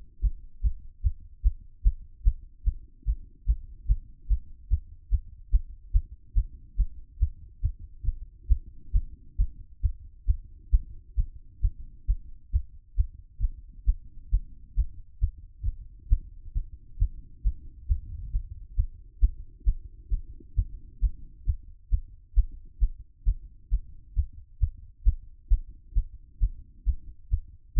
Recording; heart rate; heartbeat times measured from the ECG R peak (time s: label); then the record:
heart sounds by stethoscope; 135 bpm
0.20 s: heartbeat
0.61 s: heartbeat
1.01 s: heartbeat
1.42 s: heartbeat
1.82 s: heartbeat
2.23 s: heartbeat
2.63 s: heartbeat
3.04 s: heartbeat
3.45 s: heartbeat
3.86 s: heartbeat
4.27 s: heartbeat
4.68 s: heartbeat
5.09 s: heartbeat
5.50 s: heartbeat
5.91 s: heartbeat
6.33 s: heartbeat
6.75 s: heartbeat
7.17 s: heartbeat
7.60 s: heartbeat
8.03 s: heartbeat
8.47 s: heartbeat
8.91 s: heartbeat
9.36 s: heartbeat
9.80 s: heartbeat
10.25 s: heartbeat
10.70 s: heartbeat
11.15 s: heartbeat
11.60 s: heartbeat
12.05 s: heartbeat
12.50 s: heartbeat
12.95 s: heartbeat
13.39 s: heartbeat
13.85 s: heartbeat
14.29 s: heartbeat
14.74 s: heartbeat
15.19 s: heartbeat
15.62 s: heartbeat
16.08 s: heartbeat
16.52 s: heartbeat
16.97 s: heartbeat
17.42 s: heartbeat
17.86 s: heartbeat
18.30 s: heartbeat
18.74 s: heartbeat
19.19 s: heartbeat
19.64 s: heartbeat
20.09 s: heartbeat
20.54 s: heartbeat
20.99 s: heartbeat
21.44 s: heartbeat
21.89 s: heartbeat
22.34 s: heartbeat
22.79 s: heartbeat
23.24 s: heartbeat
23.69 s: heartbeat
24.13 s: heartbeat
24.58 s: heartbeat
25.03 s: heartbeat
25.48 s: heartbeat
25.93 s: heartbeat
26.38 s: heartbeat
26.83 s: heartbeat
27.28 s: heartbeat
27.73 s: heartbeat
From the record:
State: after exercise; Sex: male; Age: 40 years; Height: 190 cm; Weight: 114 kg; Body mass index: 31.58